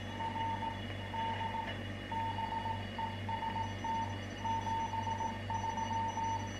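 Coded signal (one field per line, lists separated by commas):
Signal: Morse code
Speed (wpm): 17 wpm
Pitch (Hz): 900 Hz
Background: none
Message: R D BEST 73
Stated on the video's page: CW QSO from a homebrew transmitter with an 807 final, about 25 W, covering 80, 40 and 20 m, built in an old BC-375 tuning unit.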